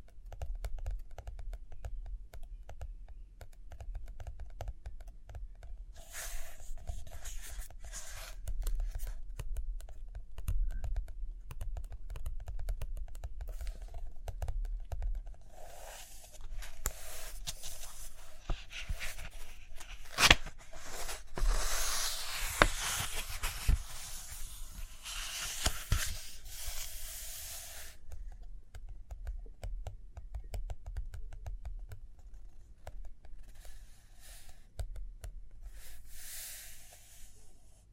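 Paper pages turn and rustle while a pen taps and scratches across them in a steady run of small, quick clicks. Brighter bursts of page rustling come around 6 seconds, 16 to 28 seconds and again near 36 seconds, over a constant low rumble.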